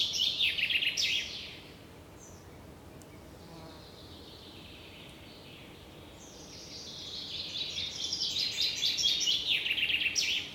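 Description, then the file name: Common chaffinch song: a short phrase at the start, a quieter stretch, then a longer rattling trill. "Fringilla coelebs"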